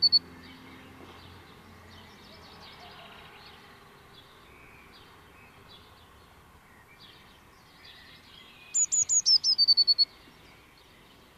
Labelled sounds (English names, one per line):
Eurasian Blue Tit song